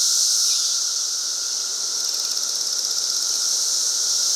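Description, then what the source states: Periodical cicadas in a dense, steady, high-pitched whining chorus that barely varies, with a fainter, lower steady tone beneath and rapid pulsing ticks in the second half. Several cicadas recorded at Fox Ridge Bluff at 3:52 PM on Memorial Day 2024, during the 2024 periodical cicada emergence.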